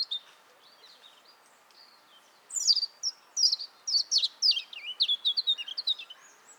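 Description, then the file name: European robin song: soft high notes at first, then a rich, fast phrase of sharp high whistles and rippling trills, rising and falling for about four seconds. "Erithacus rubecula"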